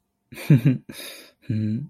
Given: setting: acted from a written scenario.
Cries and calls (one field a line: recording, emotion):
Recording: vocal sound without words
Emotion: romantic love